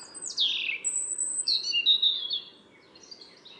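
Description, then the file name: European robin with a high descending whistle, then a thin sustained note and a short warbled phrase, over a low continuous hum. "Erithacus rubecula"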